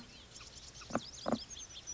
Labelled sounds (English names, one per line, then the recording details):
House Finch
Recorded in Sonoma County, California